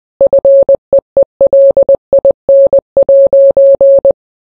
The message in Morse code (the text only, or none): FEELIN'